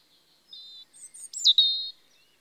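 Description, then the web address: European robin song phrase with a thin held whistle, a few short squeaky notes, then a sharp high sweep falling into a long sustained tone. Recorded in spring. "BBC Sound Effects Library. Robin (Erithacus Rubecula)"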